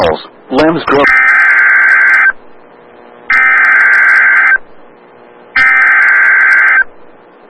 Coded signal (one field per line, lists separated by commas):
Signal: Emergency Alert System (SAME) tones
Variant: header bursts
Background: speech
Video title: Severe Thunderstorm Warning EAS 2402